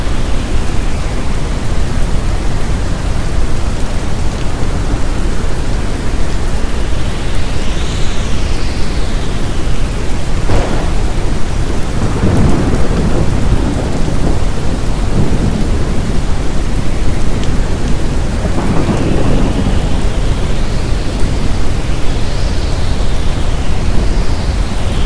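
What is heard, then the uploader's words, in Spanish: Soft red noise blends with storm sounds in a steady, dense wash that stays even throughout. Low rumbles swell around the middle and again near twenty seconds, while faint rising and falling whistles, like wind, drift through the upper range. La combinación calmante de un suave ruido rojo con sonidos de tormentas. Ruido Rojo con Trueno.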